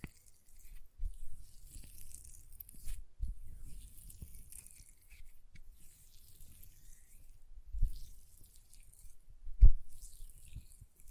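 Soft, close hand sounds with low rubbing and faint crackly hiss, plus occasional sharper taps near eight and ten seconds.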